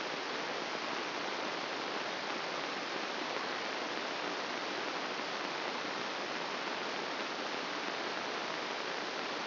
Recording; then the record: brain microelectrode recording played as sound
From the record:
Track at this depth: outside the subthalamic nucleus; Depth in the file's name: 2.573 mm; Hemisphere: left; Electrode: 3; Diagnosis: Parkinson's disease